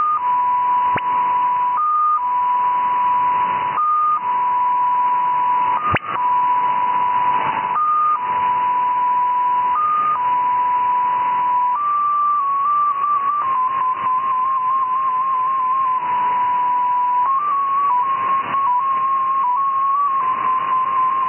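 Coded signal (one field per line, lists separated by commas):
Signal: numbers station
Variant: XPA2, 7.5 baud MFSK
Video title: XPA2 Number Station, SVR Russia, Null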